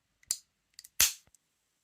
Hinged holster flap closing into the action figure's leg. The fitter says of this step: I should close and snap into place